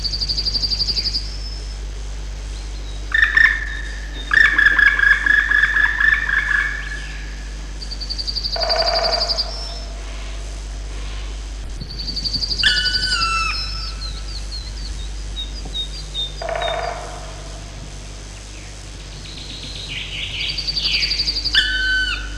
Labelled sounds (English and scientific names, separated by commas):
Black Woodpecker (Dryocopus martius)